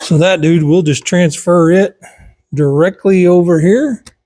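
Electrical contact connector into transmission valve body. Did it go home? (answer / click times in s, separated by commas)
no / none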